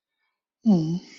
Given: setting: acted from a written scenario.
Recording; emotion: vocal sound without words; guilt